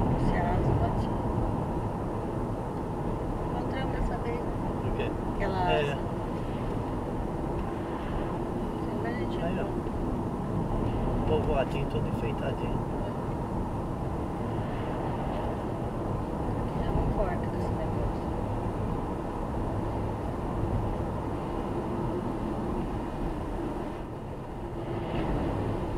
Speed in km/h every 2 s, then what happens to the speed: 72, 73, 71, 70, 68, 67, 68, 72, 75, 76, 75, 74, 73.
0-9 steady at about 71. 9-17 speeds up to 76. 17-26 steady at about 74.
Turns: none.